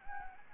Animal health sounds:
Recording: mosquito wingbeat signal from an infrared sensor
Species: Anopheles gambiae

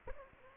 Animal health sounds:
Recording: mosquito wingbeat signal from an infrared sensor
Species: Aedes aegypti

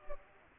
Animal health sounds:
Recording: mosquito wingbeat signal from an infrared sensor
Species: Culex pipiens

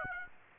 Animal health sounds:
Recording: mosquito wingbeat signal from an infrared sensor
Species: Aedes aegypti

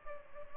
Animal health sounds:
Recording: mosquito wingbeat signal from an infrared sensor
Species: Culex pipiens

